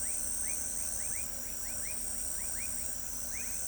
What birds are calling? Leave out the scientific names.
none